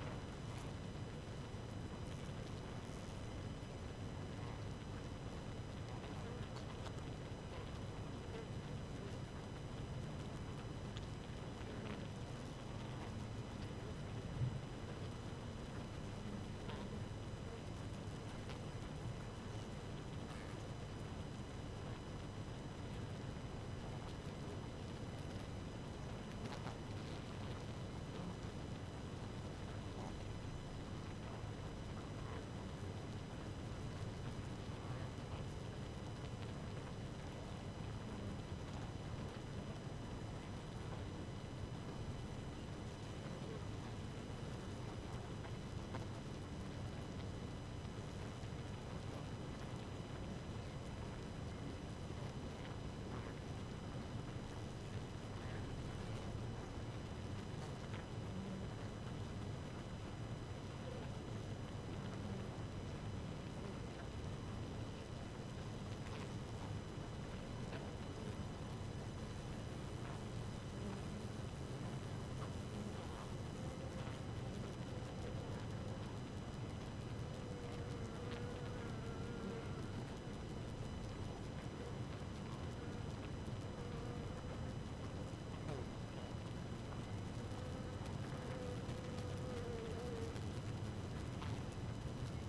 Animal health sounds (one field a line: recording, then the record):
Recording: honeybee colony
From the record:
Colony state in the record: active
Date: 12 June 2018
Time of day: 4:08